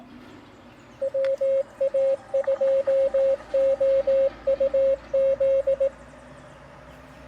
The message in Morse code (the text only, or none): WA2OUZ